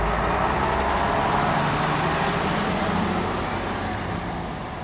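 A heavy bus engine rumbles steadily amid dense traffic noise, a broad continuous roar with a low droning hum, easing slightly toward the end as the double-decker pulls in.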